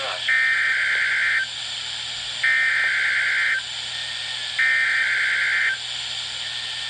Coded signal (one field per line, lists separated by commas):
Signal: Emergency Alert System (SAME) tones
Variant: header bursts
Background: speech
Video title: Required Weekly Test 6/27/18 (EAS #19) WWG21